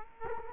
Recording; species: mosquito wingbeat signal from an infrared sensor; Culex quinquefasciatus